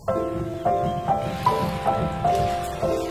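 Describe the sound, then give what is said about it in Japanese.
Ocean waves wash in a steady, rushing swell, overlaid by a series of clear, ringing chime-like tones that strike in a loose rhythm roughly every half second. “どこか遠くの心の中の雫がポタリ集まって、ザバン、ザバン。海が揺れている。”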